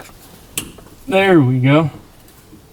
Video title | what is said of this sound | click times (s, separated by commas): Toyota Tacoma's get PEDAL COMMANDERS (2nd & 3rd Gen) | I was a real definitive click wasn't it so | 0.6 s